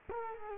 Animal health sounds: mosquito wingbeat signal from an infrared sensor; Culex quinquefasciatus

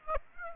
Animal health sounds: mosquito wingbeat signal from an infrared sensor; Aedes aegypti

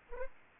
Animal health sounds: mosquito wingbeat signal from an infrared sensor; Anopheles arabiensis

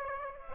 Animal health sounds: mosquito wingbeat signal from an infrared sensor; Aedes aegypti

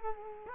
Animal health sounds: mosquito wingbeat signal from an infrared sensor; Culex quinquefasciatus

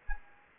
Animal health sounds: mosquito wingbeat signal from an infrared sensor; Culex quinquefasciatus

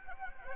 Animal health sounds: mosquito wingbeat signal from an infrared sensor; Anopheles gambiae

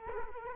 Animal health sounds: mosquito wingbeat signal from an infrared sensor; Culex quinquefasciatus

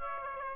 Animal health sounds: mosquito wingbeat signal from an infrared sensor; Aedes aegypti

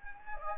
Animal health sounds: mosquito wingbeat signal from an infrared sensor; Anopheles gambiae

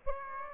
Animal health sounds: mosquito wingbeat signal from an infrared sensor; Aedes aegypti

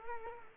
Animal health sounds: mosquito wingbeat signal from an infrared sensor; Culex quinquefasciatus

